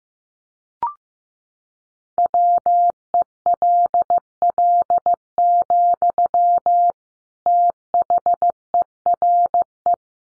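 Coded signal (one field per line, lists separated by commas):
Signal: Morse code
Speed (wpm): 15 wpm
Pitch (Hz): 700 Hz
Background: none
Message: WELL, THERE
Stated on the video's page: Morse code practice at 15 wpm: sentences built from the top 500 words, each sent in Morse, then spoken, then sent again, for head-copy training.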